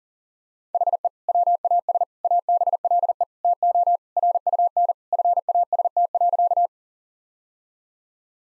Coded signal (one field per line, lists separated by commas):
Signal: Morse code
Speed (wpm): 37 wpm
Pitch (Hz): 700 Hz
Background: none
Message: HE WAS ABLE TO RUN FAST.